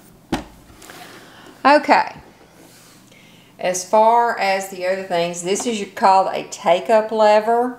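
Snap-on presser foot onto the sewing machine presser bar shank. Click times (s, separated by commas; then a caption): 0.3 s. On a mini sewing machine, a snap-on presser foot is placed under the presser bar shank and the presser foot lever is lowered, and the foot snaps onto the shank with a short sharp click at 0.3 s. Quieter handling noise follows, then someone talks for the rest of the clip. The foot is seated.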